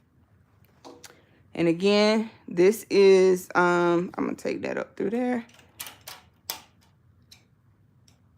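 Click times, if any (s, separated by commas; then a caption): 6.5 s. After the machine stopped, someone checks and rethreads the bobbin, then pushes the bobbin case back into the embroidery machine's hook area while talking. A few small ticks lead up to one sharp click at 6.5 s, when the bobbin case seats in place.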